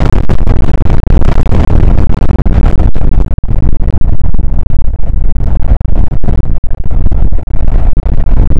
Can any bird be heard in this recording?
no